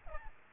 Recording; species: mosquito wingbeat signal from an infrared sensor; Aedes albopictus